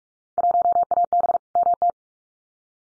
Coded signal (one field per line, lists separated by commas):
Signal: Morse code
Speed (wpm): 44 wpm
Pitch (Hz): 700 Hz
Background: none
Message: 1AB MT